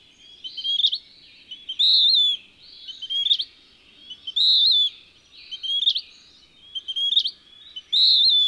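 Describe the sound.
Bird singing a bright, chirpy whistled phrase again and again, with brief quiet pauses between.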